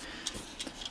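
A plastic transformation part of a Transformers X Ghostbusters Ecto-1 Ectotron robot-to-car toy is lifted up toward the robot's body to lock into place, with short, light ticking handling taps near 0.3, 0.6 and 0.9 seconds. Nothing has seated or clicked into place yet.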